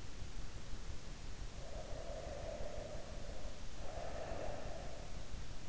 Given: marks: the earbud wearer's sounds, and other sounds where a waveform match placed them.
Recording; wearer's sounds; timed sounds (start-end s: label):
sounds in sleep by an in-ear microphone; breath
1.34-4.96 s: breath